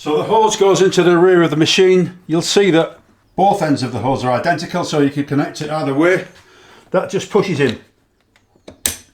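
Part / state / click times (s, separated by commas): pressure washer hose into rear outlet of the washer / seated / 8.9 s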